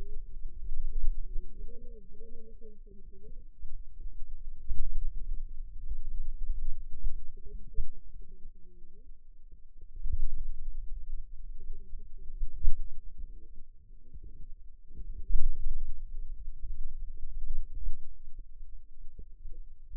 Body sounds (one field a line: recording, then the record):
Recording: forearm muscle sounds (acoustic myography)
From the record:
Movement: finger pinch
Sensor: system 2, bracelet of six BSWA MPA416 microphones around the upper forearm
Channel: 1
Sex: female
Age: 21 years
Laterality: right